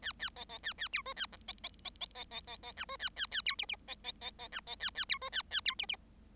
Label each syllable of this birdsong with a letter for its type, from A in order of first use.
A A B B A A C D A E B B B B B B B B F D A A A C G G B B B B F B A A C D A A C G G